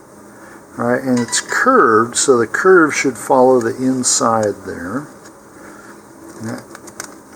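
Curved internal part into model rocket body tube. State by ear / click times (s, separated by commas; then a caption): seated / 7.0 s. A curved internal part for an Estes "Emerald Streak" model rocket is slid into the cardboard body tube so its curve follows the inside wall while someone talks. After a stretch of quiet handling, it snaps into place with a sharp, short click at 7.0 s, and the part is seated.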